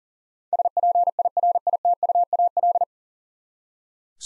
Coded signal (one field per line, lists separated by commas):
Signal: Morse code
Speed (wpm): 40 wpm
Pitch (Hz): 700 Hz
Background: none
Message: SPIRITUAL